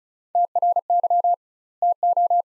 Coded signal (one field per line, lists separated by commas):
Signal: Morse code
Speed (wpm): 36 wpm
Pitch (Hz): 700 Hz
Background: none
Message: TRY TO